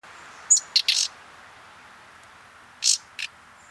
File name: Luscinia megarhynchos